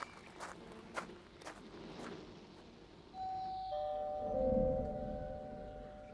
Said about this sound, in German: Wer klingelt? Ich mit Sicherheit nicht.